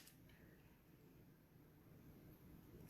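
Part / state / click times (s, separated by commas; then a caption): metal earring ear hook onto beaded wire component / not seated / none. A small metal ear hook from a jewelry kit is being handled and fitted onto a beaded soft-flex wire piece, with a faint tick at about 0.1 s over low background noise. Nothing has seated or clicked yet; the clip ends just before the hook goes home.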